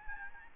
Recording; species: mosquito wingbeat signal from an infrared sensor; Aedes albopictus